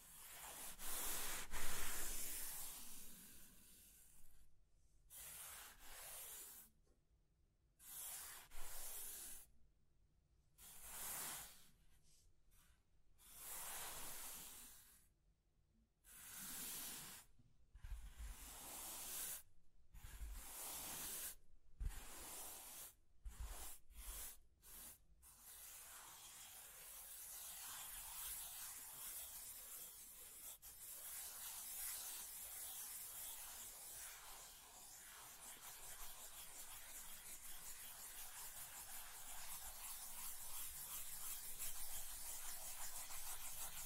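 Scratching and tracing sounds come in short bright strokes for about 25 seconds, then merge into a steady, dense hiss to the end.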